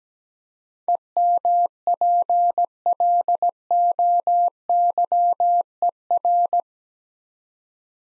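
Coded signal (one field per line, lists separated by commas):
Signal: Morse code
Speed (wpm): 17 wpm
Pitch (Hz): 700 Hz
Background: none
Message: EMPLOYER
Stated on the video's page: Morse head-copy practice of eight-letter words at 17 wpm, each sent, spoken, then sent again.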